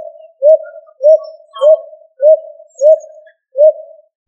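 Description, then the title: Pigeon coos, short throaty notes repeated roughly every 0.6 seconds. "Familia ColumbidaePomba"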